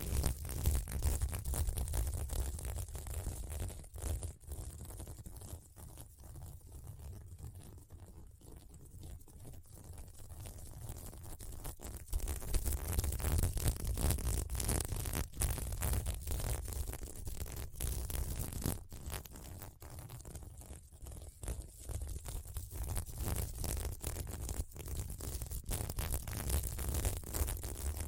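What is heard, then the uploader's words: Scratching on a sequin mermaid pillow, with a steady low rubbing rumble and dense, brushy scraping that swells and fades in waves. Louder bursts come around the start, near twelve seconds and again near twenty-two, with quieter, thinner stretches between. ASMR Satisfying SequinMermaid Pillow Scratching Sounds (No Talking).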